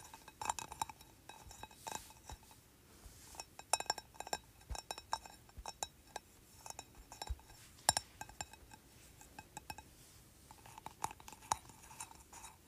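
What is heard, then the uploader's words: Tapping on a candle, likely its glass jar, gives a quick, irregular string of light clinking taps with a faint ringing tone between them. The taps come in clustered bursts with brief pauses, some harder and brighter, notably near the middle. ASMR Tapping Candle.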